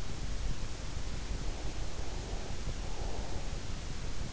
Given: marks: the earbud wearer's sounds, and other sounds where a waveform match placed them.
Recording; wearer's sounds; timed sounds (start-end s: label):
sounds in sleep by an in-ear microphone; breath
1.51-3.56 s: breath